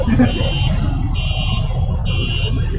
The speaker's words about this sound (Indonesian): Siapa yang punya mobil bunyi-bunyi?